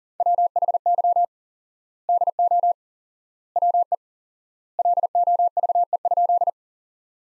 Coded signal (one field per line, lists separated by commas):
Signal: Morse code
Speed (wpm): 40 wpm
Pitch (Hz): 700 Hz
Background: none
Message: WHY DO WE LOVE?